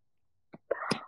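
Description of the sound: A faint catch of breath, then one sharp, noisy expulsive burst like a sneeze or harsh cough, from an adult woman who has a cold and whose throat hurts even when speaking.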